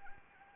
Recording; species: mosquito wingbeat signal from an infrared sensor; Anopheles arabiensis